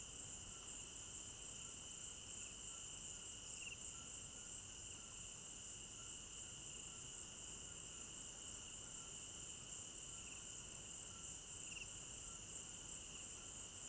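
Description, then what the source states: Steady shrill cricket trilling fills the night air, layered over a lower sustained insect tone with occasional short chirps. Crickets at night in an African village garden; stereo binaural recording.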